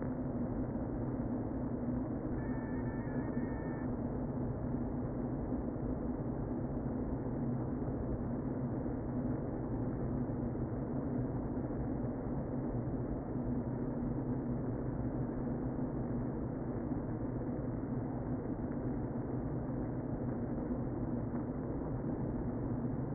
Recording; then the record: honeybee colony, microphone inside the hive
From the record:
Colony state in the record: queen present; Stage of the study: before two queens were removed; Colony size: about 60,000 bees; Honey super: yes